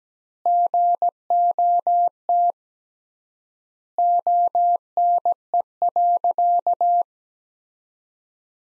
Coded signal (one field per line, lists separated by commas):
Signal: Morse code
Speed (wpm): 17 wpm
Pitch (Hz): 700 Hz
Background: none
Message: GOT ONE.